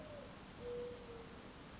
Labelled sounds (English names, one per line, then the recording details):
Mourning Dove
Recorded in Sonoma County, California